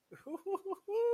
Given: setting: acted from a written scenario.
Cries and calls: vocal sound without words; elation

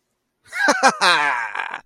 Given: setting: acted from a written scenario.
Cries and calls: vocal sound without words; triumph

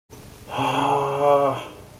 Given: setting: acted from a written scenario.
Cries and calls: vocal sound without words; distress

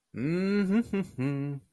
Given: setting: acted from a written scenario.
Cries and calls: vocal sound without words; triumph

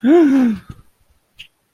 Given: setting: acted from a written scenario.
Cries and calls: vocal sound without words; elation

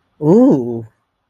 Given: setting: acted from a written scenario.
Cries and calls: vocal sound without words; ecstasy

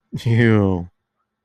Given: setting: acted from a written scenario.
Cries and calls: vocal sound without words; disgust

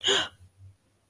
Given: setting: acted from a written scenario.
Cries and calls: vocal sound without words; negative surprise

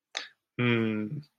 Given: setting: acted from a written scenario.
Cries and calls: vocal sound without words; sympathy

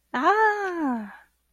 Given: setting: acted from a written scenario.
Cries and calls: vocal sound without words; realization

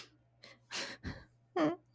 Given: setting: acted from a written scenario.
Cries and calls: vocal sound without words; sadness

